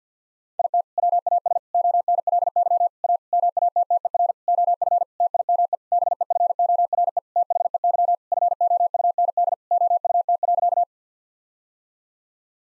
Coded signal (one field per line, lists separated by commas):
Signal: Morse code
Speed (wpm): 50 wpm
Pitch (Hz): 700 Hz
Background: none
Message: IT WAS ONLY A MATTER OF TIME BEFORE THEY FOUND OUT.